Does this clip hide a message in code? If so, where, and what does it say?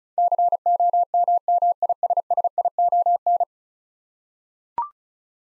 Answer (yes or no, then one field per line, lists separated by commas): yes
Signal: Morse code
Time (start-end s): 0.2-3.4 s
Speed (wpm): 36 wpm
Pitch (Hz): 700 Hz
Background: none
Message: COMMISSION